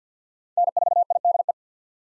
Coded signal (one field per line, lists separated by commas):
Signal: Morse code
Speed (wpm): 50 wpm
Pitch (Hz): 700 Hz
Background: none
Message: N4IDE